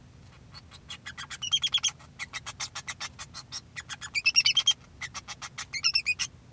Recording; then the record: song of a male Bengalese finch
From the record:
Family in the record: son of father 2